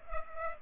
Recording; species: mosquito wingbeat signal from an infrared sensor; Culex pipiens